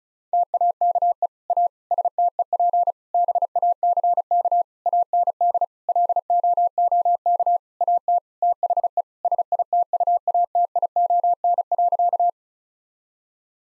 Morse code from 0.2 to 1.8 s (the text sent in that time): TAKE A